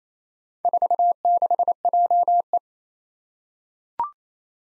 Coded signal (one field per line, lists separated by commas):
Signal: Morse code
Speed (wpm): 28 wpm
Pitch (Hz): 700 Hz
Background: none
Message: 46JE